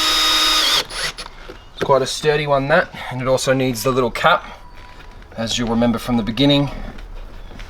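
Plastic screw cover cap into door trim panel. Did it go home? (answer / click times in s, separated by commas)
yes / 7.6 s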